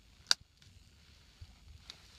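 After a CR1620 coin battery is replaced in a Mazda key fob (Mazda 3, CX-3, CX-5, Mazda 6), the plastic back half of the case is pressed slowly onto the circuit-board half. It snaps into place with one sharp, bright click at 0.3 s, confirming the case has seated. Fainter ticks follow at about 0.6 s and 1.9 s over a quiet background.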